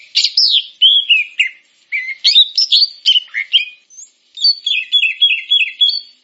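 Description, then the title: Grey-cheeked bulbul song of varied slurred whistles and chatters, a brief pause, then a quick string of repeated descending notes. "Kicau Burung Cucak Jenggot"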